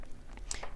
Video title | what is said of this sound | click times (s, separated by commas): Sewing Street LIVE | at home you can hear them clicking in can't you yeah you can | 0.4 s, 0.5 s